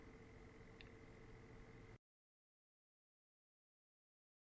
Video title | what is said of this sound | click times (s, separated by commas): 4 L E D Circuit Redone 2022. The Importance of Resistance - Circuits With Angel | it snaps right in | 0.8 s